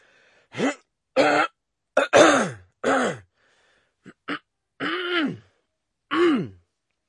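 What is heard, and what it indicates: About eight short, harsh voiced bursts over seven seconds, several with a falling grunt-like tone, separated by brief pauses. An acted dry cough in a man's character voice, unproductive, with no rattle or wheeze.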